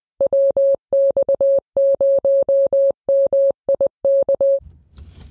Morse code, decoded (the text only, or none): WX0MIK